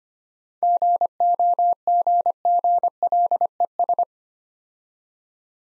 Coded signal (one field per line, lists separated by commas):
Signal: Morse code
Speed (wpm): 32 wpm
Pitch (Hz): 700 Hz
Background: none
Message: GOGGLES